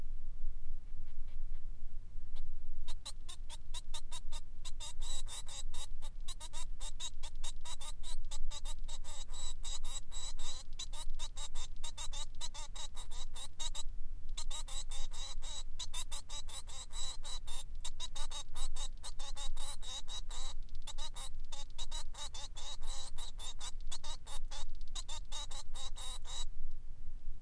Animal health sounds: song of a male Bengalese finch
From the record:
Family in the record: son of father 3

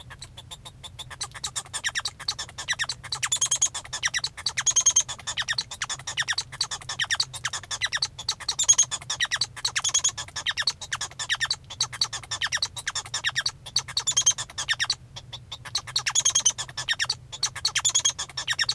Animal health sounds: song of a male Bengalese finch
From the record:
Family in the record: son of father 1

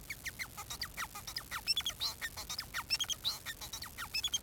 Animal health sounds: song of a male Bengalese finch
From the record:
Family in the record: son of father 4

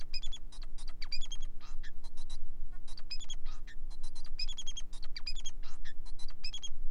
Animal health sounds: song of a male Bengalese finch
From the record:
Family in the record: son of father 4

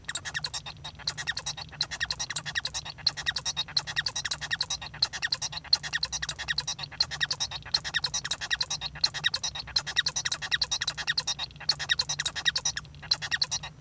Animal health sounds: song of a male Bengalese finch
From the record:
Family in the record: son of father 1

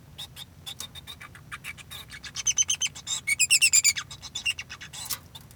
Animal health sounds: song of a male Bengalese finch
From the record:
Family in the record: son of father 2

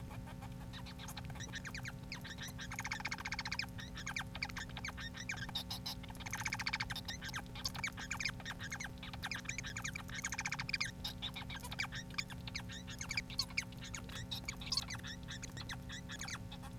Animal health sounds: song of a male Bengalese finch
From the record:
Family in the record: son of father 4

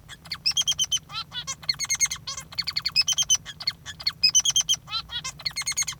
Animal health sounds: song of a male Bengalese finch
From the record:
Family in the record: father 3

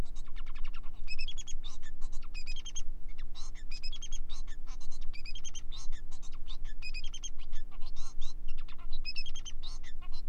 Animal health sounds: song of a male Bengalese finch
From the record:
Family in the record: son of father 4

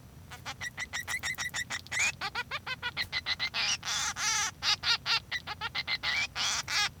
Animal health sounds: song of a male Bengalese finch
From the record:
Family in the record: son of father 3

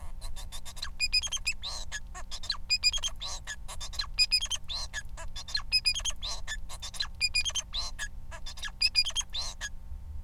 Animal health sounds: song of a male Bengalese finch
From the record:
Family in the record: son of father 4

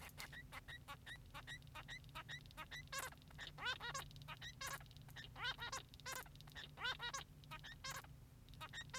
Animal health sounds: song of a male Bengalese finch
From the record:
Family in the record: son of father 3

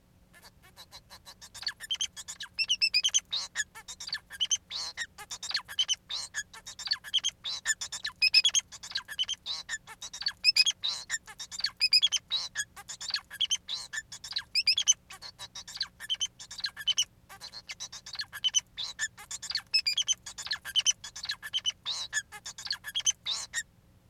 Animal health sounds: song of a male Bengalese finch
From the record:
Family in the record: son of father 4

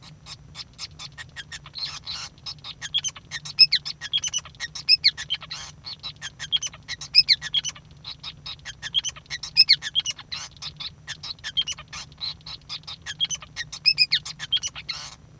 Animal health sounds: song of a male Bengalese finch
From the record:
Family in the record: son of father 5

